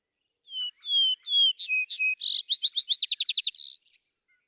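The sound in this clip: Vesper sparrow singing: three drawn-out opening whistles, paired higher notes, then a rapid jumbled trill ending in a brief buzzy note.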